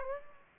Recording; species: mosquito wingbeat signal from an infrared sensor; Aedes aegypti